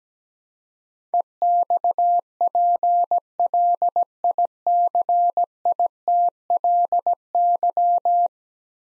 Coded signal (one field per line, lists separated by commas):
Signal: Morse code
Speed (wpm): 17 wpm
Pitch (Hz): 700 Hz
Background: none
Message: EXPLICITLY